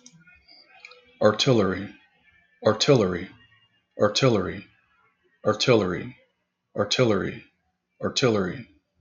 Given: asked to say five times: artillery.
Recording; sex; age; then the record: repeated word; male; 50 to 59 years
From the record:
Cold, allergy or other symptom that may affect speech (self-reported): no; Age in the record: 59 years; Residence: Kansas, United States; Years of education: 14